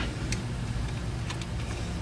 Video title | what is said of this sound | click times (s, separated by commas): Chevy Silverado Katzkin Installation Part 3 - Reinstalling the Seats - Infotainment.com | Once it's in that groove, just squeeze it. It snaps right in. | 0.3 s